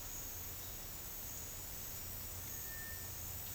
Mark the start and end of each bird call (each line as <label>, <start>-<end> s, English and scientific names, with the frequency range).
Cinereous Tinamou (Crypturellus cinereus) (1.3-2.1 kHz), 2.49-3.20 s